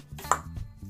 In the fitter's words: Locked into place.